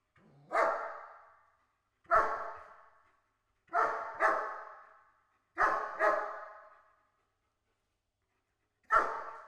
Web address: Pole Position - Barking Dog Dog German Shepherd. Int Bark Slow Distant